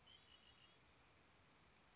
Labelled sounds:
Red-winged Blackbird (Agelaius phoeniceus)
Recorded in Sonoma County, California

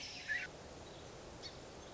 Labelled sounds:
Song Sparrow (Melospiza melodia)
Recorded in Sonoma County, California

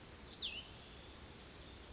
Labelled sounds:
Cassin's Vireo (Vireo cassinii)
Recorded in Sonoma County, California

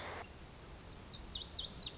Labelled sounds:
Lazuli Bunting (Passerina amoena)
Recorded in Sonoma County, California

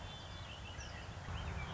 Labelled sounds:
Red-winged Blackbird (Agelaius phoeniceus)
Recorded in Sonoma County, California

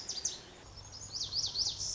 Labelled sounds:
Lazuli Bunting (Passerina amoena)
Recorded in Sonoma County, California

